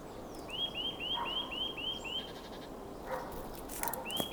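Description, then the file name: Eurasian nuthatch producing a run of about seven evenly spaced upslurred whistles, followed by clicks and another bird's notes, against continuous background noise. "Sitta europaea"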